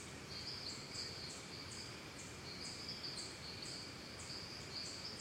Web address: Sound Effects-Big Room Sound Ciccadas Birds Costa Rica Calm